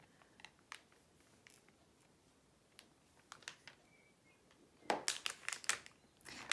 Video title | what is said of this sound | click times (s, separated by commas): First impressions of FAIRY HOUSE MoonShaped Monday Diamond Art Studio diamond painting | and yes as you just heard there some of them do click into place because the Grid | 4.9 s, 5.1 s, 5.3 s, 5.5 s, 5.7 s, 6.5 s